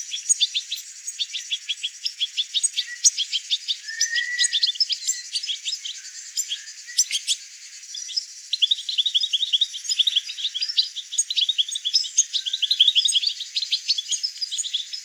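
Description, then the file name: European goldfinch giving a long run of bright, rapid twittering notes, mixing liquid chips and short trills, nearly continuous throughout with a few brief lulls. "Carduelis carduelis"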